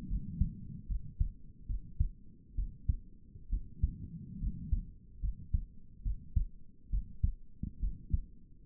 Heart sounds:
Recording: heart sounds by stethoscope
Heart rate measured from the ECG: 70 bpm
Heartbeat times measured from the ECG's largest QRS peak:
0.09 s: heartbeat
0.88 s: heartbeat
1.68 s: heartbeat
2.56 s: heartbeat
3.51 s: heartbeat
4.40 s: heartbeat
5.21 s: heartbeat
6.04 s: heartbeat
6.91 s: heartbeat
7.81 s: heartbeat
From the record:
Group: healthy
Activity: rest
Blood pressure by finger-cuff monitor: 136/60 mmHg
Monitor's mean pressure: 82 mmHg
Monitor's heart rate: 68 bpm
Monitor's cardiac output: 7.7 L/min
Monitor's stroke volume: 108 mL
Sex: female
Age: 22 years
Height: 160 cm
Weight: 63 kg

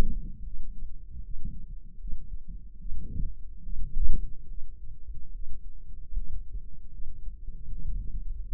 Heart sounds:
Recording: heart sounds by microphone in the right ear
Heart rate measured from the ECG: 75 bpm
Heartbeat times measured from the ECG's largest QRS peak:
0.41 s: heartbeat
1.21 s: heartbeat
1.97 s: heartbeat
2.77 s: heartbeat
3.61 s: heartbeat
4.46 s: heartbeat
5.31 s: heartbeat
6.12 s: heartbeat
6.89 s: heartbeat
7.67 s: heartbeat
8.46 s: heartbeat
From the record:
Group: healthy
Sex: female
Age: 19 years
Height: 163 cm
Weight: 51 kg

